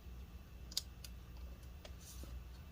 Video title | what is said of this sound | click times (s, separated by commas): Alienware 17 R4 Disassembly RAM SSD Hard Drive Upgrade Fan Motherboard CMOS RTC Replacement Repair | and then click it down all right so we've got both antennas | 0.8 s